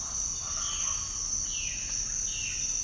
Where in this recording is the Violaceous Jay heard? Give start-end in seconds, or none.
0.64-2.76